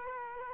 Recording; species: mosquito wingbeat signal from an infrared sensor; Culex quinquefasciatus